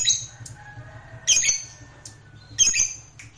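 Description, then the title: Lovebird squawks: short harsh high bursts in repeated pairs, over a faint low hum. Fighter lovebird. "Begitu Dengar Suara Lovebird FIGHTER NGEKEK PANJANG"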